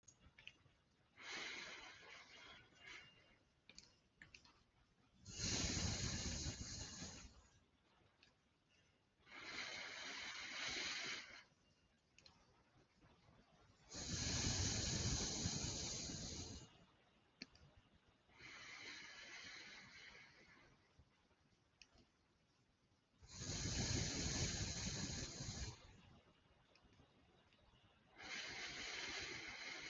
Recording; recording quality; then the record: deep breathing; excellent, no background noise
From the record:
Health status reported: healthy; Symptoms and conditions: hypertension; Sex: male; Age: 50 years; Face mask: not worn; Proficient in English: yes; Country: India